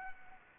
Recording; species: mosquito wingbeat signal from an infrared sensor; Anopheles arabiensis